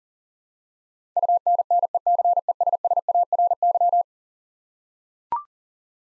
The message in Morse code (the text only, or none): UNNECESSARY